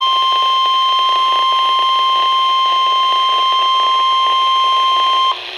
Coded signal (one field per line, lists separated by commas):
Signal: Emergency Alert System (SAME) tones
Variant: 1050 Hz attention tone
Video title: Severe Thunderstorm Warning - 03/05/22 (EAS #2,457)